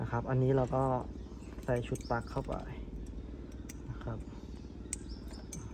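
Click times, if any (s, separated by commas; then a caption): 4.9 s. A plug-and-play wiring harness connector for the rear reflector lamps on a 2022 Honda HR-V is pushed into the vehicle's lamp wiring socket on the second side, with no cutting of the wiring. Someone talks over a steady low hum, with a few faint ticks around 3.7 s and 5.5 s. The connector clicks and seats at 4.9 s.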